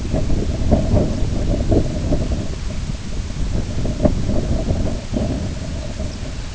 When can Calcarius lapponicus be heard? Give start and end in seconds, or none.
5.05-5.31, 6.02-6.24